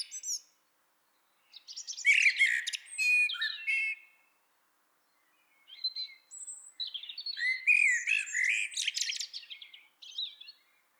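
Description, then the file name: Eurasian blackbird song: phrases of warbled notes mixed with dense high scratchy twittering, separated by short silent gaps. "Turdus merula"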